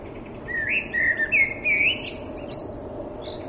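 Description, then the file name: Common blackbird song: a run of rich, slurred whistled notes rising and falling, closing with a burst of high, scratchy twittering. "Turdus merula"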